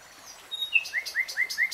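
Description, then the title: Nightingale song: a soft thin whistle, then a short run of about five quick rising notes repeated evenly in under two seconds. Singing, recorded in real time. "[Tiếng chim hót] 3 Hours REALTIME Nightingale Singing"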